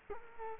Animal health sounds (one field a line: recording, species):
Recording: mosquito wingbeat signal from an infrared sensor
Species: Culex quinquefasciatus